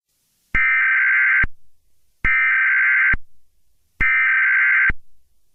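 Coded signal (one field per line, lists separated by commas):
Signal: Emergency Alert System (SAME) tones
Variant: header bursts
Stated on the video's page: Real EAS alert interrupting an archived film playback.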